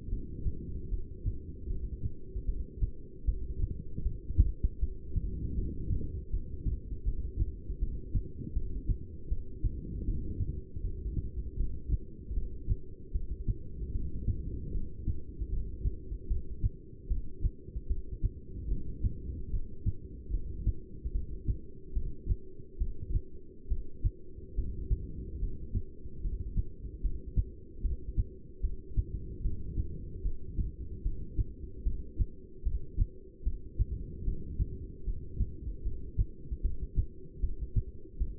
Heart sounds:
heart sounds by stethoscope; 76 bpm
0.10 s: heartbeat
0.90 s: heartbeat
1.68 s: heartbeat
2.46 s: heartbeat
3.26 s: heartbeat
4.04 s: heartbeat
4.80 s: heartbeat
5.56 s: heartbeat
6.32 s: heartbeat
7.06 s: heartbeat
7.80 s: heartbeat
8.54 s: heartbeat
9.30 s: heartbeat
10.06 s: heartbeat
10.82 s: heartbeat
11.58 s: heartbeat
12.35 s: heartbeat
13.13 s: heartbeat
13.93 s: heartbeat
14.73 s: heartbeat
15.51 s: heartbeat
16.29 s: heartbeat
17.09 s: heartbeat
17.88 s: heartbeat
18.69 s: heartbeat
19.51 s: heartbeat
20.32 s: heartbeat
21.13 s: heartbeat
21.94 s: heartbeat
22.79 s: heartbeat
23.69 s: heartbeat
24.56 s: heartbeat
25.40 s: heartbeat
26.22 s: heartbeat
27.02 s: heartbeat
27.82 s: heartbeat
28.62 s: heartbeat
29.42 s: heartbeat
30.23 s: heartbeat
31.03 s: heartbeat
31.84 s: heartbeat
32.64 s: heartbeat
33.44 s: heartbeat
34.25 s: heartbeat
35.05 s: heartbeat
35.84 s: heartbeat
36.62 s: heartbeat
37.41 s: heartbeat
38.18 s: heartbeat
From the record:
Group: heart failure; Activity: rest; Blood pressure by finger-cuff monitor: 190/121 mmHg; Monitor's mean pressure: 142 mmHg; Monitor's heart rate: 75 bpm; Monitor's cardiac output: 7.4 L/min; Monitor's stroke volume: 95 mL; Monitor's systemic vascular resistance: 1430 dyn s/cm5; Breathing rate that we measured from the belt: 13 breaths a minute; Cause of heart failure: non-ischemic cardiomyopathy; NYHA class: 1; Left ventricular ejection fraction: 62%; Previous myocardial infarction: absent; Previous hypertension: present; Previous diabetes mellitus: present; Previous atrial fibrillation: absent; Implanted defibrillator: absent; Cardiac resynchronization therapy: absent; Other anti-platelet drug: absent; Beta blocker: bisoprolol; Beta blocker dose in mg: 10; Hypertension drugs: sacubitril-valsartan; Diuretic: furosemide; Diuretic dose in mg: 20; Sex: male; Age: 49 years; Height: 167 cm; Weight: 110 kg

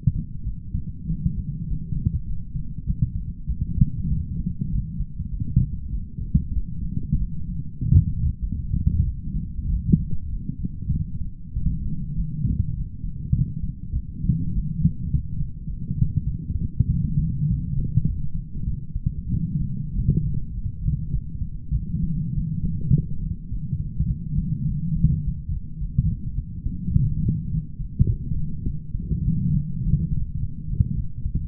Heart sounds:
heart sounds by stethoscope; 100 bpm
0.45 s: heartbeat
1.08 s: heartbeat
1.67 s: heartbeat
2.25 s: heartbeat
2.85 s: heartbeat
3.47 s: heartbeat
4.09 s: heartbeat
4.70 s: heartbeat
5.30 s: heartbeat
5.91 s: heartbeat
6.55 s: heartbeat
7.18 s: heartbeat
7.79 s: heartbeat
8.41 s: heartbeat
9.05 s: heartbeat
9.69 s: heartbeat
10.30 s: heartbeat
10.90 s: heartbeat
11.55 s: heartbeat
12.15 s: heartbeat
12.74 s: heartbeat
13.33 s: heartbeat
13.94 s: heartbeat
14.52 s: heartbeat
15.10 s: heartbeat
15.67 s: heartbeat
16.25 s: heartbeat
16.88 s: heartbeat
17.47 s: heartbeat
18.05 s: heartbeat
18.66 s: heartbeat
19.31 s: heartbeat
19.93 s: heartbeat
20.52 s: heartbeat
21.12 s: heartbeat
21.73 s: heartbeat
22.34 s: heartbeat
22.92 s: heartbeat
23.50 s: heartbeat
24.08 s: heartbeat
24.66 s: heartbeat
25.23 s: heartbeat
25.79 s: heartbeat
26.36 s: heartbeat
26.95 s: heartbeat
27.51 s: heartbeat
28.07 s: heartbeat
28.65 s: heartbeat
29.25 s: heartbeat
29.82 s: heartbeat
30.39 s: heartbeat
30.96 s: heartbeat
From the record:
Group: healthy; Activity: light exercise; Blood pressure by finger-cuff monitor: 122/55 mmHg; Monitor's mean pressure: 77 mmHg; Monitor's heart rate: 100 bpm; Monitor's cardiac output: 10.6 L/min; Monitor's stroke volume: 106 mL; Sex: female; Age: 22 years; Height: 160 cm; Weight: 63 kg

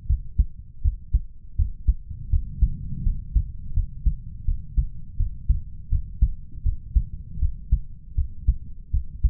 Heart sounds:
heart sounds by stethoscope; 81 bpm
0.07 s: heartbeat
0.82 s: heartbeat
1.56 s: heartbeat
2.30 s: heartbeat
3.03 s: heartbeat
3.73 s: heartbeat
4.45 s: heartbeat
5.17 s: heartbeat
5.89 s: heartbeat
6.63 s: heartbeat
7.39 s: heartbeat
8.15 s: heartbeat
8.91 s: heartbeat
From the record:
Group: healthy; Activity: rest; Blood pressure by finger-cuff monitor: 82/52 mmHg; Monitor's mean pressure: 61 mmHg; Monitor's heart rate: 81 bpm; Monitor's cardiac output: 6.8 L/min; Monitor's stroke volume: 83 mL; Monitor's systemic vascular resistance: 640 dyn s/cm5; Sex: male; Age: 20 years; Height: 187 cm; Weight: 68.9 kg

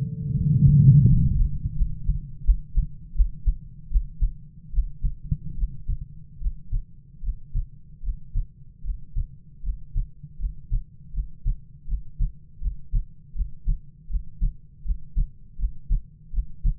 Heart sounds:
heart sounds by stethoscope; 79 bpm
0.33 s: heartbeat
1.05 s: heartbeat
1.74 s: heartbeat
2.43 s: heartbeat
3.14 s: heartbeat
3.89 s: heartbeat
4.71 s: heartbeat
5.56 s: heartbeat
6.39 s: heartbeat
7.21 s: heartbeat
8.01 s: heartbeat
8.82 s: heartbeat
9.61 s: heartbeat
10.37 s: heartbeat
11.11 s: heartbeat
11.86 s: heartbeat
12.59 s: heartbeat
13.33 s: heartbeat
14.08 s: heartbeat
14.83 s: heartbeat
15.57 s: heartbeat
16.31 s: heartbeat
From the record:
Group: healthy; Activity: rest 0-2 s, Valsalva maneuver 2-17 s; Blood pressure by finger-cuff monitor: 84/51 mmHg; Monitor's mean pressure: 56 mmHg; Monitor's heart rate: 77 bpm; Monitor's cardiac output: 7.5 L/min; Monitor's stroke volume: 102 mL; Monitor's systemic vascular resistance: 500 dyn s/cm5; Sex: male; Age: 22 years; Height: 185 cm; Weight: 112.4 kg

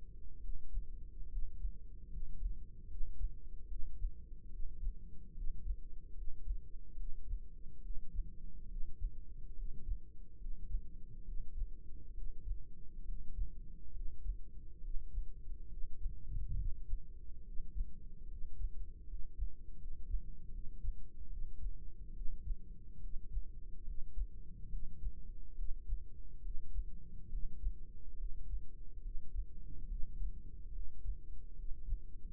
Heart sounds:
heart sounds by microphone in the right ear; 71 bpm
0.39 s: heartbeat
1.27 s: heartbeat
2.08 s: heartbeat
2.86 s: heartbeat
3.66 s: heartbeat
4.48 s: heartbeat
5.32 s: heartbeat
6.12 s: heartbeat
6.95 s: heartbeat
7.80 s: heartbeat
8.66 s: heartbeat
9.53 s: heartbeat
10.36 s: heartbeat
11.23 s: heartbeat
12.12 s: heartbeat
13.03 s: heartbeat
13.91 s: heartbeat
14.79 s: heartbeat
15.67 s: heartbeat
16.54 s: heartbeat
17.42 s: heartbeat
18.26 s: heartbeat
19.04 s: heartbeat
19.76 s: heartbeat
20.49 s: heartbeat
21.27 s: heartbeat
22.11 s: heartbeat
22.98 s: heartbeat
23.83 s: heartbeat
24.68 s: heartbeat
25.54 s: heartbeat
26.40 s: heartbeat
27.28 s: heartbeat
28.15 s: heartbeat
29.00 s: heartbeat
29.86 s: heartbeat
30.70 s: heartbeat
31.54 s: heartbeat
From the record:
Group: healthy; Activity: rest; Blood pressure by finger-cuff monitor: 125/75 mmHg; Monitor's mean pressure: 86 mmHg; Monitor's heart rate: 71 bpm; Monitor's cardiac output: 5.3 L/min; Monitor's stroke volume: 75 mL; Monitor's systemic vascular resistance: 1190 dyn s/cm5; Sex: male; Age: 20 years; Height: 167 cm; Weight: 61 kg

